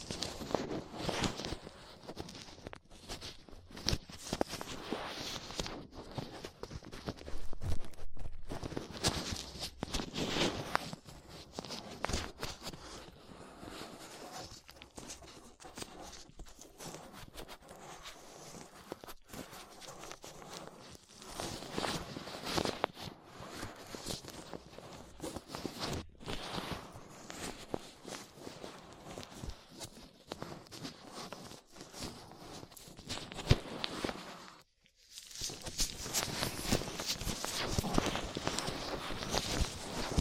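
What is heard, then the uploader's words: Close-up ear-cleaning sounds made with latex gloves, a dental pick and cotton swabs: dense, crackling rubs and scratches run almost without pause, with louder rustling bursts every few seconds. Near 35 seconds it drops briefly to silence, then resumes brighter and busier. Ear Cleaning Latex Gloves, Dental Pick, Cotton Swabs.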